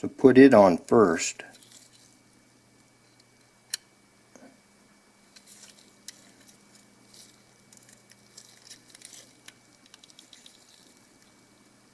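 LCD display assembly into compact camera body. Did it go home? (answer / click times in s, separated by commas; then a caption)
no / none. Someone talks briefly at the start, then a replacement LCD display assembly is handled over the body of a Canon PowerShot A4000 compact camera, giving a few faint, sharp ticks and light rustles against quiet background noise. The display assembly has not yet been pressed down, so its two small plastic catches have not snapped into place and nothing has seated or clicked yet.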